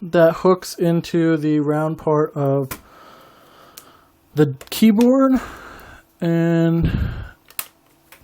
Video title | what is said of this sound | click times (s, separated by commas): Acer Iconia Tab w500 unboxing and review | you hear a click. And once you hear a click, you slide the bottom | 7.6 s